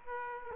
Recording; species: mosquito wingbeat signal from an infrared sensor; Aedes aegypti